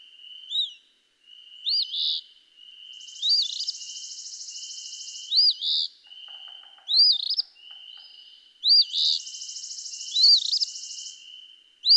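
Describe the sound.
Eastern phoebe singing fee-bee phrases repeatedly over a continuous high hiss and buzzing drones, with faint lower ticking notes in the middle.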